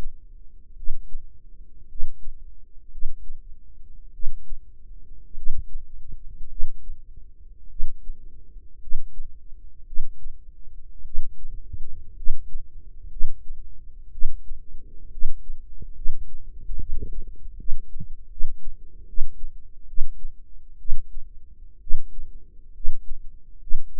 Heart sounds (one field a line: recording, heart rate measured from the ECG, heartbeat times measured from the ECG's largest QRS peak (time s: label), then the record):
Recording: heart sounds by microphone in the right ear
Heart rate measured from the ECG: 60 bpm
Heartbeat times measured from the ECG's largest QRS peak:
0.74 s: heartbeat
1.87 s: heartbeat
2.89 s: heartbeat
4.11 s: heartbeat
5.34 s: heartbeat
6.47 s: heartbeat
7.67 s: heartbeat
8.78 s: heartbeat
9.83 s: heartbeat
11.02 s: heartbeat
12.13 s: heartbeat
13.07 s: heartbeat
14.09 s: heartbeat
15.08 s: heartbeat
15.93 s: heartbeat
16.76 s: heartbeat
17.55 s: heartbeat
18.27 s: heartbeat
19.04 s: heartbeat
19.85 s: heartbeat
20.76 s: heartbeat
21.78 s: heartbeat
22.71 s: heartbeat
23.58 s: heartbeat
From the record:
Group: healthy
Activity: rest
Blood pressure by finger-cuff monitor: 117/75 mmHg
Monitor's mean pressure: 92 mmHg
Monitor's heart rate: 58 bpm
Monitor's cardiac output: 5.9 L/min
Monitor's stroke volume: 106 mL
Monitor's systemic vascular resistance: 1180 dyn s/cm5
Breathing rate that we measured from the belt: 18 breaths a minute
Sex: female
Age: 23 years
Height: 160 cm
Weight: 50.4 kg